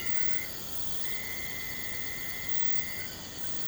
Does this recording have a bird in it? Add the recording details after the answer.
no. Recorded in pastures near Puerto Asís, Putumayo, Colombia, on 21 March 2025 at 01:30. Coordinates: 0.472, -76.329. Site G074